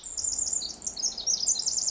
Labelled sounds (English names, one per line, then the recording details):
Pacific Wren
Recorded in Sonoma County, California